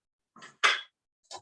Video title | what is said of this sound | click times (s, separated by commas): Northgate Virtual Cooking Class - Guava and Cheese Empanadas (Nov. 09) | and so when you put it in it locks as well you want to hear that click | 0.4 s